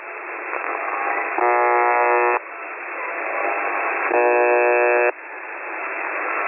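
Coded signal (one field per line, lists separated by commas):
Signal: channel marker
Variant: UVB-76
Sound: radio hiss with two harsh one-second buzzes, about 2.7 seconds apart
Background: radio static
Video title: UVB-76/The Buzzer (22nd August 2020, 10:42 UTC) music and buzzing?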